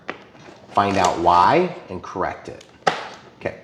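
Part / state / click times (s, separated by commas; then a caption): battery tray latch in an RC airplane fuselage / seated / 2.9 s. In the plastic fuselage of an FMS P-51D Mustang Red Tail V8 1450 mm RC airplane, the flight battery tray is slid forward and pushed until its latch snaps home with a sharp click at 2.9 s. Someone talks before the snap, and a softer tap follows at 3.5 s. The tray latch is confirmed seated, since an unlatched tray can slide back in flight and shift the center of gravity.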